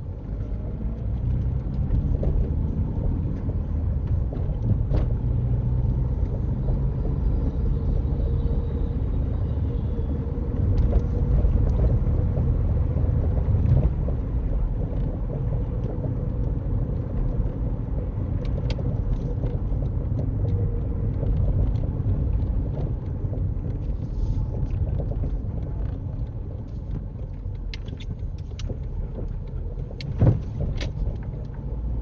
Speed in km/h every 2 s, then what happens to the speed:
27, 31, 35, 40, 40, 42, 42, 42, 40, 40, 34, 27, 18, 13, 18, 23.
0-6 speeds up to 40. 6-19 steady at about 40. 19-25 brakes to 13. 27-32 speeds up to 23.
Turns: 25-28.